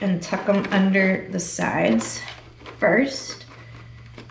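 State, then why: Not seated. Someone talks while tucking a motorcycle helmet's inner liner under the sides of the helmet shell, working a liner tab toward its spot, with faint handling rustles near the end. Nothing has seated or clicked yet.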